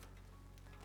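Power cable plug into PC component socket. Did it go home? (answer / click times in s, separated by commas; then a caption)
no / none. A PCIe power cable plug, using the end of the cable rather than the branching end, is handled and pushed toward its socket on a PC component. A steady low hum runs throughout, with a faint brief tick at about 0.6 s. Nothing has seated or clicked yet.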